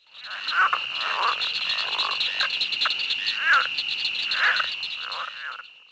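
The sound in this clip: Animal croaks sound in repeated bursts over a steady, high, continuous insect-like drone that runs throughout.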